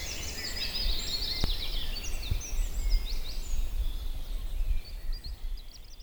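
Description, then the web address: Birds singing in a busy chorus of high chirps, trills and twittering phrases, with occasional low thumps and a steady low rumble. Birds in Auquainville, France, 2001. "Holiday 2001 in France Auquainville - more birds"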